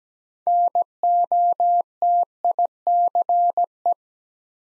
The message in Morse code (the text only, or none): NOTICE